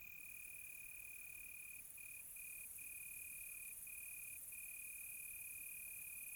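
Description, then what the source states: A cricket's steady trill with a few quick stutters in the middle, over a constant shrill insect chorus. Crickets on a quiet tropical night, recorded close.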